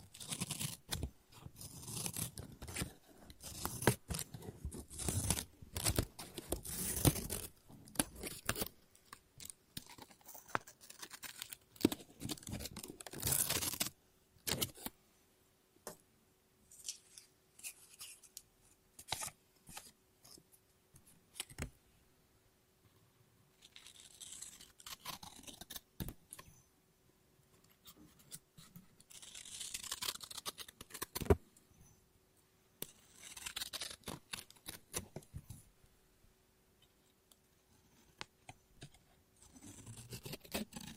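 Scissors snip and cut paper in dense, rapid bursts for the first fifteen seconds, then in sparser, irregular cuts with quiet gaps.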